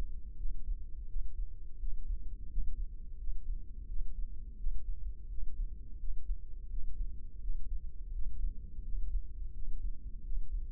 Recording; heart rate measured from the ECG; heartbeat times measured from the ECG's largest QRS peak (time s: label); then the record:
heart sounds by microphone in the left ear; 85 bpm
0.39 s: heartbeat
1.09 s: heartbeat
1.81 s: heartbeat
2.51 s: heartbeat
3.20 s: heartbeat
3.89 s: heartbeat
4.59 s: heartbeat
5.30 s: heartbeat
6.01 s: heartbeat
6.71 s: heartbeat
7.43 s: heartbeat
8.14 s: heartbeat
8.85 s: heartbeat
9.55 s: heartbeat
10.25 s: heartbeat
From the record:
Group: healthy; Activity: rest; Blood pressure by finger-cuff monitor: 132/79 mmHg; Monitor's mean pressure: 98 mmHg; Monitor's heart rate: 85 bpm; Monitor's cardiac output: 7.5 L/min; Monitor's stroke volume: 87 mL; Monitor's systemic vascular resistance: 980 dyn s/cm5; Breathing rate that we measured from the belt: 19 breaths a minute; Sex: male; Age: 21 years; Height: 175 cm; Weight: 72.6 kg